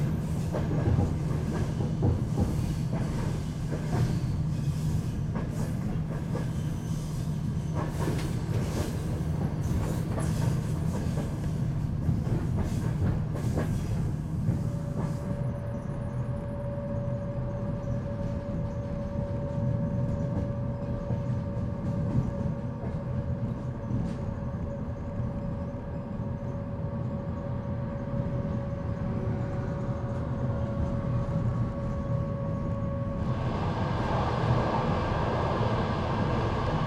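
An old night train rolls along with a dense, steady low rumble and rattle throughout. Around fifteen seconds the sound turns duller as the upper hiss drops away, and a thin, high steady whine runs from then until about thirty-three seconds, when brighter rattling returns.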